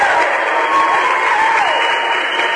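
Steady applause from a group, a dense even patter of many hands clapping at constant loudness for a couple of seconds, with no voices standing out.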